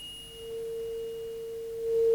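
A tuning fork, held behind and then in front of the ear during an ear examination, rings with a single steady, pure mid-pitched tone that begins after a short moment of quiet and holds evenly, swelling slightly louder toward the end. No one speaks.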